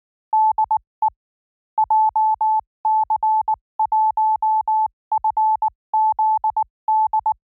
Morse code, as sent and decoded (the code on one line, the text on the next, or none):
-.. . / .--- -.-. .---- ..-. --.. -..
DE JC1FZD